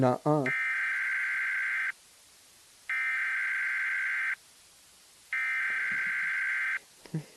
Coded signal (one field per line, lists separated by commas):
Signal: Emergency Alert System (SAME) tones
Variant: header bursts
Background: speech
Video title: Watching EAS Videos because yes